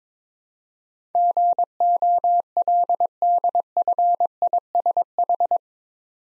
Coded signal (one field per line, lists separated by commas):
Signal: Morse code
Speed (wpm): 22 wpm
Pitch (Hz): 700 Hz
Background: none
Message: GOLDFISH